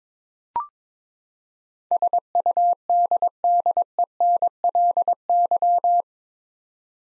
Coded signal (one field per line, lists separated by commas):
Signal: Morse code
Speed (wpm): 22 wpm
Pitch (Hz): 700 Hz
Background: none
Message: SUDDENLY